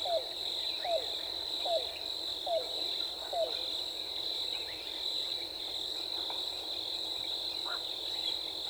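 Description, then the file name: Yellow-billed cuckoo calls: five quick hollow downslurred notes at the start, evenly spaced, then the continuous high insect whine carries on. Recorded 14 April 2018. "2018-04-14 YBCU"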